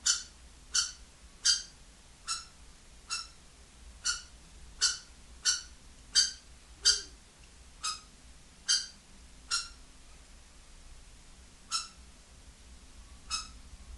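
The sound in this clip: Kestrel giving a series of sharp piercing notes, fairly regular at first, then spacing out with longer gaps toward the end; faint low hum behind.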